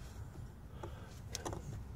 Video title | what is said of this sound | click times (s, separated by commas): Changing spark plugs on a 2008 Dodge Grand Caravan SXT 4.0 | it just snaps in place | 1.4 s